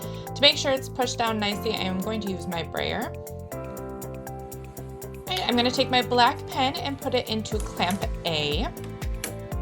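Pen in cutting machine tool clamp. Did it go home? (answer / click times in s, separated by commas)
no / none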